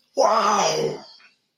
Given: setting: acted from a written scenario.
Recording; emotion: vocal sound without words; awe